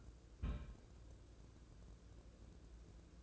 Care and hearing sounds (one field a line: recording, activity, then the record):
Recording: daily activity, microphone in the room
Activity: place on stove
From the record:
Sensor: 2